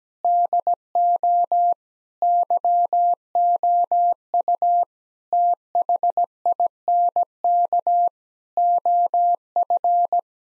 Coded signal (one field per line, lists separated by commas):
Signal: Morse code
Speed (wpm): 17 wpm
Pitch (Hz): 700 Hz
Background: none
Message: DO YOU THINK OF